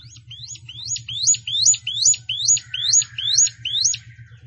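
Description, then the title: Plain prinia song: a fast series of about ten high, sharply rising hooked notes, repeated evenly around twice a second over a steady low mechanical hum. "Ciblek Sawah"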